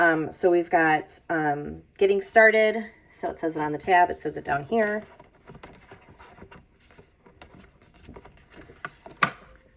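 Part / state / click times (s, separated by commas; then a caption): metal binder rings closing on a planner binder / seated / 9.2 s. Someone talks, followed by soft handling sounds on a 2024 MäksēLife planner binder. Its metal rings snap shut with a crisp, loud click at 9.2 s, and the rings are fully closed.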